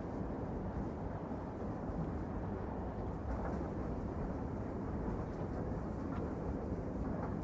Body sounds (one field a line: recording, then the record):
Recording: background sound without coughing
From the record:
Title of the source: Train Ride Ambience ambient white noise for sleeping, focus, studying, reading